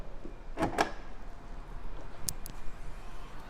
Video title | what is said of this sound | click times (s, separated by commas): 2019 BMW i8 Roadster Full car review | The way you open is you stick your hand in here and there's like a little click. | 2.3 s